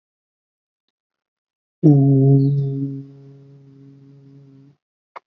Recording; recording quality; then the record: sustained vowel as in boot; excellent, no background noise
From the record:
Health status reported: healthy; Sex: male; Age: 22 years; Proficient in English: yes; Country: India